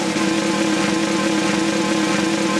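A chainsaw engine runs at a steady idle, a loud, constant buzzing drone with a strong low hum and no change in pitch or rhythm throughout, with no voices.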